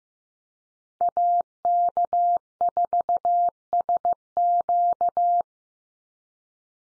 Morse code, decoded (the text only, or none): AK4SQ